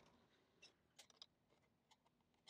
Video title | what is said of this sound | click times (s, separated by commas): Bronco Mabett Interior Light Upgrade | that they're not clicking in as well as it's supposed to be yeah | 1.2 s